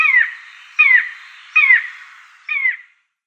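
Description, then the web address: Common buzzard giving four mewing calls, each slurring downward, a little under a second apart, with no other sounds. "Schulze Peter Common Buzzard"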